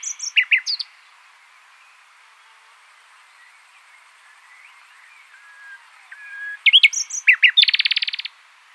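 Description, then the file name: Common nightingale song: a few sharp chirps, a long quiet pause with faint notes, then loud sharp notes and a rapid buzzy trill. "Luscinia megarhynchos"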